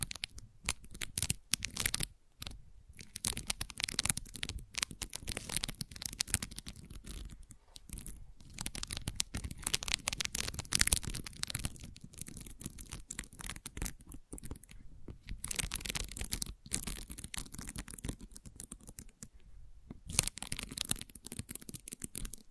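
Gentle scratching runs through the whole clip as a dense, steady stream of quick, dry strokes with a bright, papery edge, almost like tearing or crinkling. Brief pauses break it near 2, 7, 15 and 19 seconds before the rubbing resumes.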